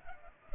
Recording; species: mosquito wingbeat signal from an infrared sensor; Culex pipiens